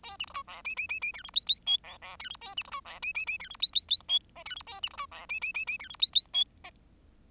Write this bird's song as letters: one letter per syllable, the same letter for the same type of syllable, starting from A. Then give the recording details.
A B C D E F F F F G H I I J K E G H A B C D E F F F G H I I I J L G H A B C D E F F F F G H I I J L. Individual Bird10